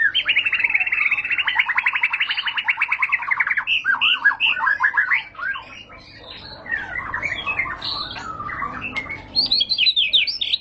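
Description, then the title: White-rumped shama song, opening with a long fast buzzy trill, then varied whistled phrases that jump between low and high notes. High-class lure (pancingan) recording, much sought as master song for training caged birds. "Pancingan Murai Batu Berkelas Banyak Di Cari Buat Masteran"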